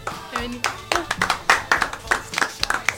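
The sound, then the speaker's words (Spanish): A small group applauds a guest being introduced on a show, with sharp, uneven claps in quick succession for about three seconds, while faint voices murmur and call out underneath. “con tan ustedes, aplausos, ovación”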